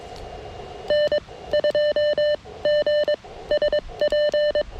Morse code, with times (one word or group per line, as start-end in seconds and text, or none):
0.9-1.2 N
1.5-2.3 2
2.6-3.1 G
3.5-4.6 SP